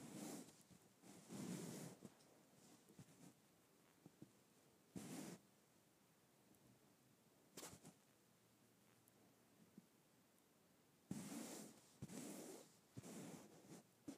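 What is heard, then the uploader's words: Fabric is stroked in short rough brushing bursts, clustered near the start, around five seconds, and densely near the end, with quiet pauses between. Fabric Stroking.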